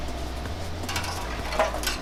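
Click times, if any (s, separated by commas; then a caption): none. A metal I/O shield is handled and pressed against the rear opening of a computer case over a low steady hum. Light metallic rattles and clinks come through, the sharpest near 1.6 s and another around 1.9 s. The shield has not seated or clicked into place yet.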